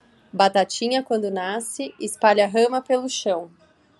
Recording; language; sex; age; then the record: short text; Brazilian Portuguese; female; 40 to 49 years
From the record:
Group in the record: control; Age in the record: 41 years